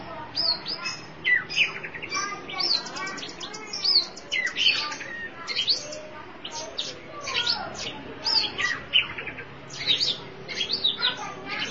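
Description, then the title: Oriental magpie-robin pouring out dense song of high clear whistles, buzzy trills and clicks. Chirping song (kicauan) of the bird. "Suara Kicauan Burung Kacer Durasi Panjang"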